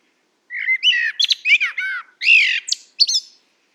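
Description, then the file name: Common blackbird song made of several slurred, fluted whistles rising and falling, ending with a couple of sharp high squeaks. "Turdus merula"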